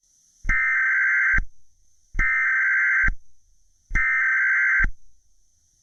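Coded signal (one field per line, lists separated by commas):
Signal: Emergency Alert System (SAME) tones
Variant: header bursts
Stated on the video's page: Fictional EAS scenario using valid SAME headers that can trigger emergency alert equipment.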